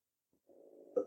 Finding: Stomach gurgles.